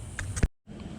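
An aftermarket interior trim piece is pressed into its factory mounting clips on the passenger side of a Lamborghini. It snaps into place with sharp clicks at 0.2 s and 0.4 s. The audio then drops to silence before quiet background noise resumes, and the piece is seated with a perfect fit.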